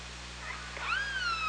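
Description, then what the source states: Killer whale call: a rising tonal call with stacked harmonics that levels off and slowly falls, over a steady low hum. Recorded on the OrcaLab hydrophone, 24 August 2017.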